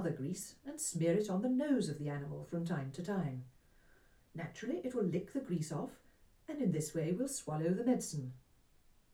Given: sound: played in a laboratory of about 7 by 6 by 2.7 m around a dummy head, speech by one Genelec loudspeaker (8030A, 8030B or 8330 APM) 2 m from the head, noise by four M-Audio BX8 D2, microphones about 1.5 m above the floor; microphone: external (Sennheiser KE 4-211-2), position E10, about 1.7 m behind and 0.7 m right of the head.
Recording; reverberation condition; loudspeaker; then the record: female speech in English; low; 30 degrees to the left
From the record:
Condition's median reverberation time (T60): about 310 ms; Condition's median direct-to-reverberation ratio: about 3.5 dB